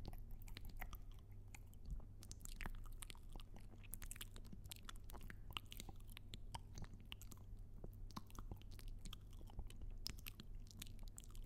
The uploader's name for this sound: Mouth Sounds